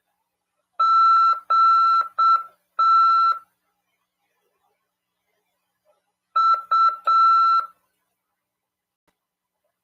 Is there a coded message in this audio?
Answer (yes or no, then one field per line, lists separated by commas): yes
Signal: Morse code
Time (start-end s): 0.8-7.6 s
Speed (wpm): 7 wpm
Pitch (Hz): 1340 Hz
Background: none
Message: GT U